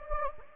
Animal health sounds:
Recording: mosquito wingbeat signal from an infrared sensor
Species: Anopheles gambiae

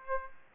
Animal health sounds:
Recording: mosquito wingbeat signal from an infrared sensor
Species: Aedes aegypti

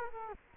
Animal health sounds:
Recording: mosquito wingbeat signal from an infrared sensor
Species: Culex quinquefasciatus

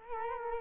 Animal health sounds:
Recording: mosquito wingbeat signal from an infrared sensor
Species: Culex quinquefasciatus

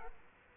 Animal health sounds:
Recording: mosquito wingbeat signal from an infrared sensor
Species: Aedes aegypti

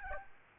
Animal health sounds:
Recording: mosquito wingbeat signal from an infrared sensor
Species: Aedes albopictus

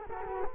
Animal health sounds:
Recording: mosquito wingbeat signal from an infrared sensor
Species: Culex quinquefasciatus

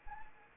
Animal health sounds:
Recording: mosquito wingbeat signal from an infrared sensor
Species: Anopheles arabiensis

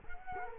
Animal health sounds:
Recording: mosquito wingbeat signal from an infrared sensor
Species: Culex quinquefasciatus

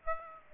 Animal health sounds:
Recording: mosquito wingbeat signal from an infrared sensor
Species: Aedes aegypti

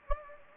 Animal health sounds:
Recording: mosquito wingbeat signal from an infrared sensor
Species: Anopheles gambiae

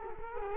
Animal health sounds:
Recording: mosquito wingbeat signal from an infrared sensor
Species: Culex quinquefasciatus

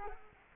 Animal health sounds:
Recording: mosquito wingbeat signal from an infrared sensor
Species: Culex quinquefasciatus

